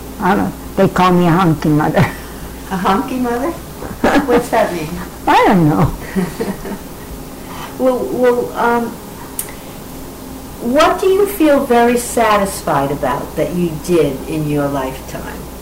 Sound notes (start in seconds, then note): 1.9 laughing; 5.9 laughing